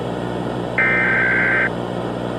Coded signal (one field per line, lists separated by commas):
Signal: Emergency Alert System (SAME) tones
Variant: header bursts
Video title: Animals Take Over - REBORN (AN EAS Scenario)